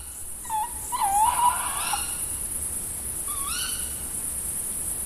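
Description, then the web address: Tawny owl giving quieter wavering, slurred calls, a few in quick succession and then one more after a pause, over a steady background hiss. "agykontroll Madardalok Cd 1. Macskabagoly"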